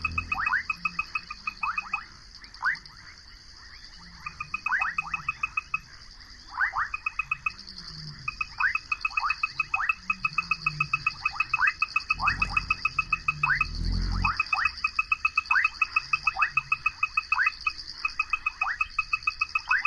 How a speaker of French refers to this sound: Et on est un peu avec ce genre de chorus, de chœur de batracien, dans ce domaine, dans cette forme en fait musicale. Et on a même un lion derrière, de très loin.